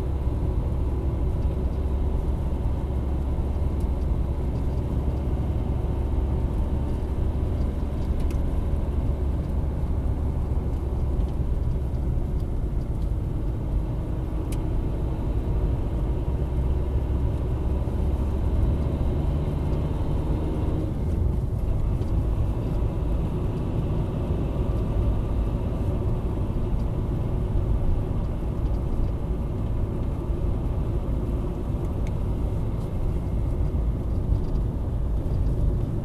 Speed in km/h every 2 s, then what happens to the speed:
49, 50, 50, 52, 51, 48, 46, 47, 51, 55, 59, 60, 60, 62, 59, 58, 58, 56.
0-13 steady at about 50. 13-19 speeds up to 59. 19-26 steady at about 60. 26-36 slows to 56.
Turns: none.